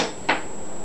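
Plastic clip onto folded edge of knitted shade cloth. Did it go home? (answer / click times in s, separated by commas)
yes / 0.3 s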